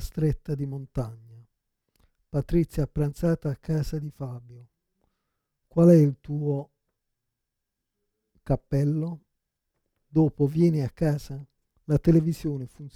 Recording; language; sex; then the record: read phrases; Italian; male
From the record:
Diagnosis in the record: Parkinson's disease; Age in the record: 56 years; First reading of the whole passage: 87 s, 6.0 characters per second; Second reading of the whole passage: 67 s, 7.8 characters per second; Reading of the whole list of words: 59 s, 4.8 characters per second